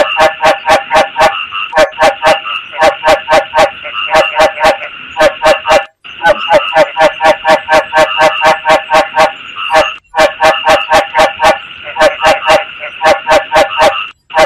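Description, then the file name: Frog mating call: quick series of buzzy, nasal pulses at roughly four per second, broken by brief silent gaps. Male frog calling to attract a mate. "tieng ech duc keu goi ban tinh"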